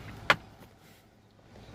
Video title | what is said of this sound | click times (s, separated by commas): Turn Signal Switch Replacement 2007 - 2009 Chevrolet Cobalt | should snap into place there we go | 0.3 s